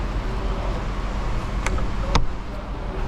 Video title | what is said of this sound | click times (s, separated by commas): Delivery Destroyed! Waiting for weeks! 2008 Jaguar XJ | all right well it clipped on I heard it goes snap | 1.7 s, 2.2 s